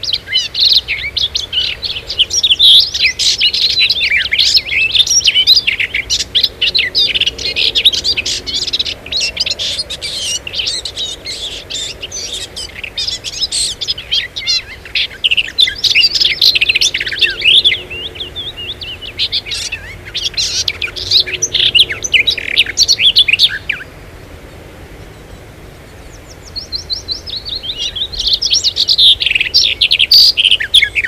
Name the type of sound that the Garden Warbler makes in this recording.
song